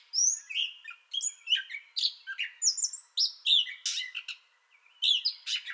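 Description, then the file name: Gray catbird song: a rambling string of varied squeaky, whistled and mewing phrases, each brief, pouring out in quick succession with short gaps. Song bout already in progress, recorded 30 May 2021. "2021-05-30 Gray Catbird Song Bout Already Going"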